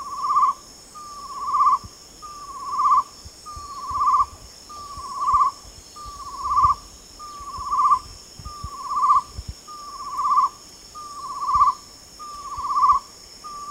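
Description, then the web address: Chestnut-necklaced partridge calling: a steady series of whistled notes, each swelling in loudness, repeated about every 1.2 seconds over a constant high insect drone. Recorded at Danum on 8 August 2009. "DANUM. chestnut-necklaced hill partridge"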